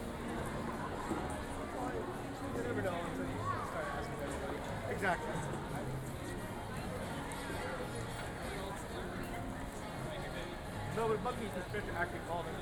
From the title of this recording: Saturday at Disneyland Resort